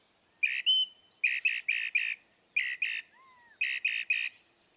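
Northern mockingbird song: harsh buzzy notes, singly and in clusters of up to four, with a thin whistle and a low slurred note between them.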